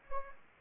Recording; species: mosquito wingbeat signal from an infrared sensor; Anopheles gambiae